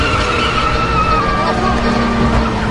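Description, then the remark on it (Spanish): A car engine revs steadily as a woman puts the vehicle in reverse and drives away, a loud continuous rumble with whining tones and some traffic noise throughout. “Ella mete la marcha atrás y se aleja.”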